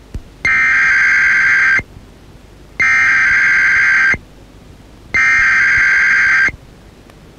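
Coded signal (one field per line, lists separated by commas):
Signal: Emergency Alert System (SAME) tones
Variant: header bursts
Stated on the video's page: Genuine Required Weekly Test broadcast by an FM station, not a mockup.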